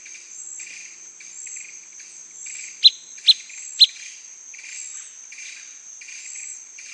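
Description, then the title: Blackish pewee giving three sharp, loud pip notes about half a second apart midway through, over a steady high insect drone and faint twittering. Subspecies canescens, assumed from the recording location. "LuckyPassaro Completos2Sama. Blackish Pewee (Contopus nigrescens canescens (ssp assumed from location))"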